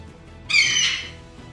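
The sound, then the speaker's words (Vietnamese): A single loud, high-pitched eagle screech bursts in after a brief quiet moment, a harsh harmonic cry that holds for about half a second before trailing off. “Lại thêm một tiếng chim ưng kêu lên chấn động trường không.”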